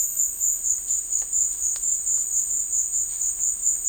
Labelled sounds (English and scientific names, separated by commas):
none